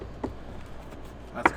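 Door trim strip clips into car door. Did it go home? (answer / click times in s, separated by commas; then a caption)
yes / 1.5 s. A door trim strip on a Porsche 991.1 GT3RS is pressed into the car door during an OEM door strap installation, worked down through its last clips. A faint tap at 0.2 s is followed by a sharp, loud click at 1.5 s as the clips snap in, and the trim strip is fully seated.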